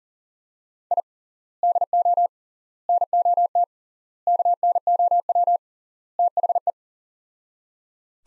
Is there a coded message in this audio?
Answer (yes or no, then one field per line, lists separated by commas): yes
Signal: Morse code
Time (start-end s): 0.9-6.7 s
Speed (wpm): 37 wpm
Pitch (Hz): 700 Hz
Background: none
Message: I DO NOT KNOW THE